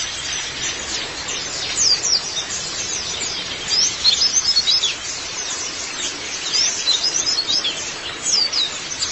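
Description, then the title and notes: White-eye song: thin, high twittering notes coming in louder bursts over a steady background of similar chatter. White-eye song (kicauan). "Kicauan Burung Pleci Durasi Panjang. Suara kicauan burung pleci"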